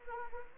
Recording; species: mosquito wingbeat signal from an infrared sensor; Anopheles arabiensis